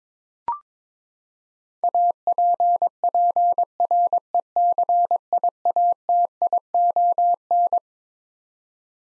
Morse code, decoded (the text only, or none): APPRECIATION